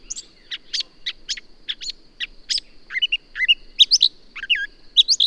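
Bird song of short sharp chirps, at first evenly spaced, then turning into louder whistled rising and falling notes, over a steady high tone.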